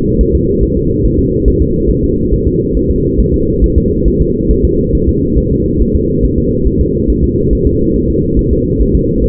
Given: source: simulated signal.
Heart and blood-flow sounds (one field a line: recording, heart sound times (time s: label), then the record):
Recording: fetal heart sounds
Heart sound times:
0.21 s: S1
0.35 s: S2
0.63 s: S1
0.77 s: S2
1.05 s: S1
1.19 s: S2
1.48 s: S1
1.62 s: S2
1.91 s: S1
2.04 s: S2
2.34 s: S1
2.47 s: S2
2.77 s: S1
2.91 s: S2
3.20 s: S1
3.34 s: S2
3.64 s: S1
3.78 s: S2
4.08 s: S1
4.21 s: S2
4.51 s: S1
4.65 s: S2
4.95 s: S1
5.09 s: S2
5.38 s: S1
5.52 s: S2
5.82 s: S1
5.95 s: S2
6.24 s: S1
6.38 s: S2
6.67 s: S1
6.81 s: S2
7.10 s: S1
7.24 s: S2
7.53 s: S1
7.67 s: S2
7.96 s: S1
8.10 s: S2
8.39 s: S1
8.53 s: S2
8.81 s: S1
8.95 s: S2
9.24 s: S1
From the record:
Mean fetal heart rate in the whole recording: 140 bpm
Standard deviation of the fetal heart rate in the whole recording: 2 bpm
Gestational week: 34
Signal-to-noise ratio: -14.7 dB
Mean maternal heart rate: 72 bpm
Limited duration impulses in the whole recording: present